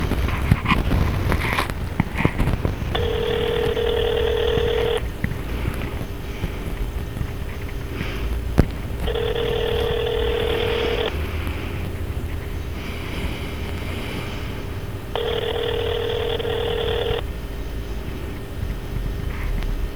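Three evenly spaced ringback tones, each a steady two-second buzzy hum with a pause of about four seconds between them, sound over a constant hiss of background noise while a Verizon Wireless phone call connects to a Pathmark store on Broad Street.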